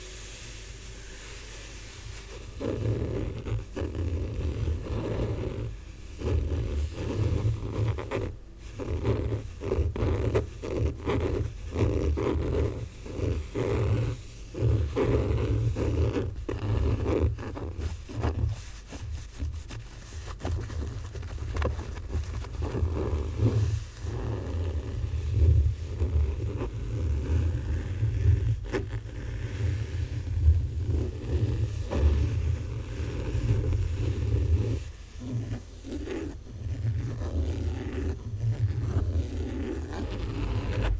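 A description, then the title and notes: Book sounds: handling noise that starts quietly and thickens after about three seconds into a steady low rumble. Irregular rustles, scrapes and soft taps come every second or so, with sharper clicks near 8, 19 and 29 seconds. ASMR Book Sounds.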